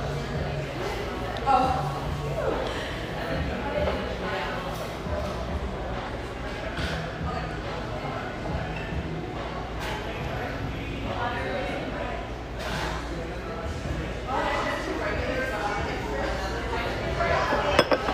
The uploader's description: cheerful, bustling background noise of this sunny café in one of the OC's most upscale neighborhoods